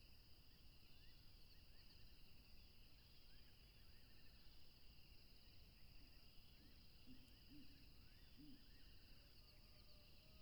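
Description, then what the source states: Crickets trill continuously over rushing noise, with brief rising notes and a few soft low calls in the second half. Crickets recorded along a tropical river.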